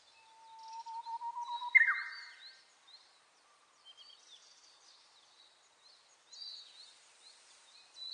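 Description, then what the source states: Japanese bush warbler song: a long, low whistle swelling for about a second, then an abrupt loud flourish dropping in pitch; other birds chirp faintly and high throughout. Recorded 29 April 2001.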